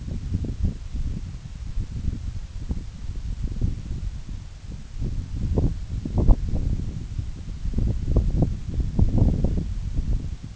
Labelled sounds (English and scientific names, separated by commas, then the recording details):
none
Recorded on Arctic tundra, site NAIT-1, on 26 June 2019
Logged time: 12:00